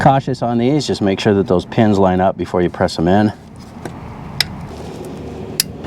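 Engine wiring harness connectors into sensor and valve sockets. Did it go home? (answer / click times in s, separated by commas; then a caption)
yes / 4.4 s, 5.6 s. On a 2003–2007 Honda Accord, during a VTEC spool valve repair for stalling, surging and bucking (codes P2646/P2647), the engine wiring harness's plastic connectors are pressed into their sensor and valve sockets one after another. Someone talks for the first three seconds, then a faint tap comes at 3.9 s. Sharp, positive clicks follow at 4.4 s and 5.6 s as the connectors seat home.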